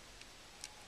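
An iPhone 4 home button assembly is pressed down into the front panel frame. A faint tick comes at 0.2 s, then a sharp, clear click at 0.6 s as the button seats into place.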